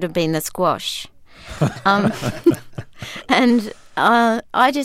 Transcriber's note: soundbite of laughter